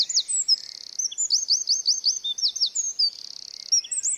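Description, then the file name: Eurasian wren song: a loud, rapid, high-pitched stream of sharp notes, fast trills and dry buzzy rattles running without a break throughout. "Troglodytes troglodytes"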